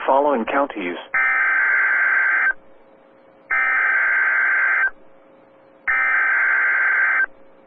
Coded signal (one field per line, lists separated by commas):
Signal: Emergency Alert System (SAME) tones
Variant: header bursts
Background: speech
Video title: NOW IT'S MINNESOTA'S TURN... EAS Alerts from 3/10/2021 (EAS #204-212)